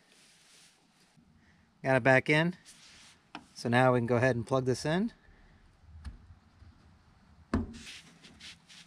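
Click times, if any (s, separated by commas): none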